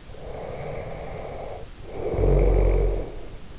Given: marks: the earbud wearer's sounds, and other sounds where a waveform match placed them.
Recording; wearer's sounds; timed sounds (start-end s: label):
sounds in sleep by an in-ear microphone; snoring breath
0.00-3.51 s: snoring breath